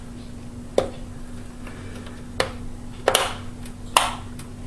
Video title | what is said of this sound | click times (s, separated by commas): How To Swap Out DIMMs In An ATX PC | you'll hear a snap well | 2.4 s, 4.0 s